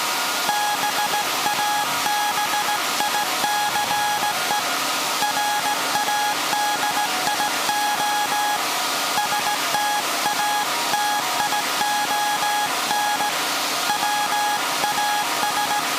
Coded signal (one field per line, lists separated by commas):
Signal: Morse code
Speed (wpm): 17 wpm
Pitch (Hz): 830 Hz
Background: none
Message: BABICE RADIO STATION WAS